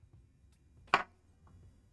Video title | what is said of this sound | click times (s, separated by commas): LDO Voron 0.2 build: Toolhead [Part 4] | definitely locked into place let's push that down | 0.9 s